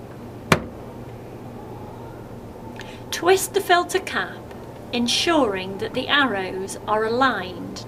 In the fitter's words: and push the assembled filter firmly into the head until it clicks into position